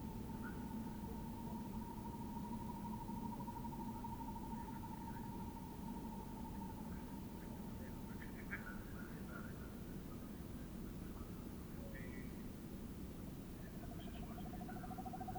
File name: Northern Hawk Owl Hooting of two males